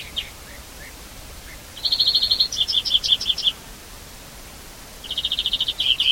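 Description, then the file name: European greenfinch fast dry trill followed by several sharp chirps, then a second trill; a few faint soft notes at the start. "Chloris chloris"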